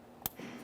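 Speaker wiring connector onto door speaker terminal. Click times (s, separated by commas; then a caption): 0.3 s. A wiring connector is lined up and pressed onto the plastic terminal of a door speaker on a 2004-2008 Ford F-150. A single sharp click sounds at 0.3 s against a quiet background, confirming that the connector has seated.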